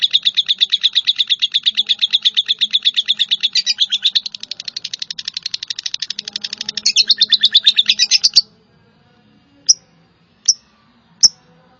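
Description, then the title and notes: Bird song: a long, rapid chattering trill of high notes for about eight seconds, then silence broken by three sharp, separate chip notes. "Bird Sound. Kicau Burung Lengkap"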